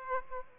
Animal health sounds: mosquito wingbeat signal from an infrared sensor; Aedes aegypti

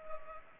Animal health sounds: mosquito wingbeat signal from an infrared sensor; Culex pipiens

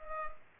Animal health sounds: mosquito wingbeat signal from an infrared sensor; Culex pipiens

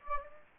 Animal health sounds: mosquito wingbeat signal from an infrared sensor; Anopheles gambiae

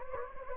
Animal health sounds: mosquito wingbeat signal from an infrared sensor; Anopheles gambiae

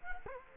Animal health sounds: mosquito wingbeat signal from an infrared sensor; Culex quinquefasciatus

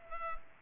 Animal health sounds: mosquito wingbeat signal from an infrared sensor; Culex pipiens

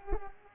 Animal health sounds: mosquito wingbeat signal from an infrared sensor; Culex pipiens

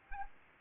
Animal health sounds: mosquito wingbeat signal from an infrared sensor; Anopheles arabiensis

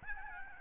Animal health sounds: mosquito wingbeat signal from an infrared sensor; Aedes albopictus

